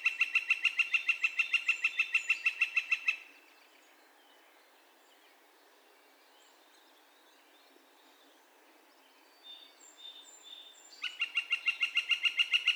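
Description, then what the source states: Northern flicker repeating a rapid kek series for three seconds, a long quiet pause with faint chirps from other birds, then the same even series starting again. Calls; recorded 2 May 2020.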